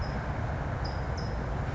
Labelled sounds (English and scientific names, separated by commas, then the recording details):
California Towhee (Melozone crissalis)
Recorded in Sonoma County, California